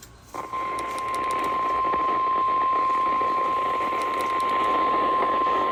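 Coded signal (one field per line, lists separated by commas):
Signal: Emergency Alert System (SAME) tones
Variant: 1050 Hz attention tone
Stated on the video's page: Severe weather alerts received from NOAA Weather Radio.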